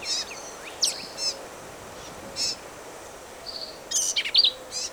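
Black-capped vireo giving scattered high phrases: sharp slurred notes, a short buzzy whistle, then a quick chattering cluster near the end.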